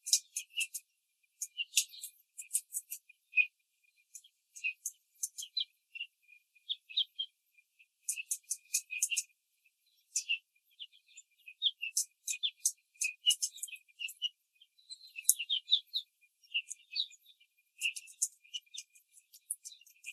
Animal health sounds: young laying hens in a cage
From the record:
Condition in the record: control cage, after the stress test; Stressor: none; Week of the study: 4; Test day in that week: 3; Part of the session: 3

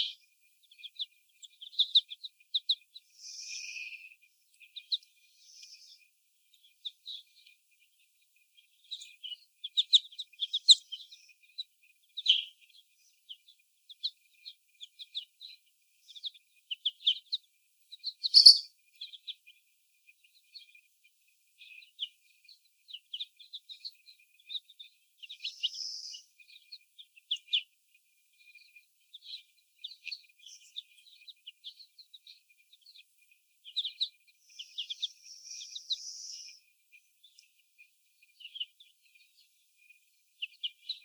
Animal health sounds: young laying hens in a cage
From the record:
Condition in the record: before the stressor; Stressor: sudden umbrella opening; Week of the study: 1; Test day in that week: 1

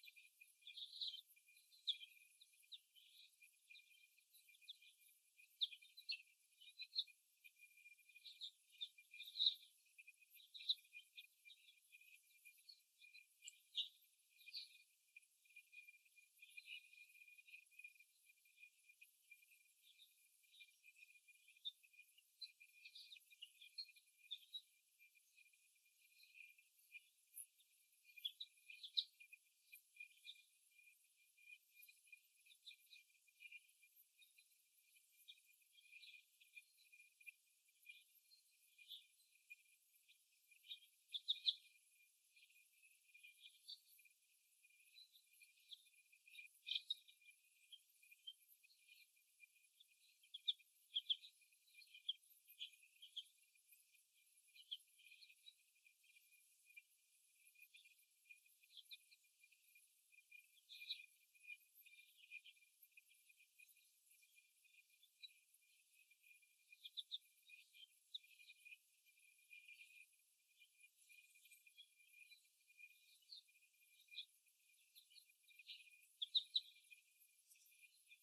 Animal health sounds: young laying hens in a cage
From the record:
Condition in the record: before the stressor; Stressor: simulated dog barking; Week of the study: 1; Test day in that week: 1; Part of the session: 3

